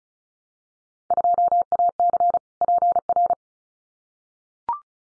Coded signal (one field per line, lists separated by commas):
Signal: Morse code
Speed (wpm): 34 wpm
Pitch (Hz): 700 Hz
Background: none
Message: 2AC PR